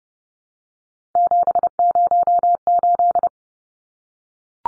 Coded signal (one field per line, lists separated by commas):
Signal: Morse code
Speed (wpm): 30 wpm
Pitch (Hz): 700 Hz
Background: none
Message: 708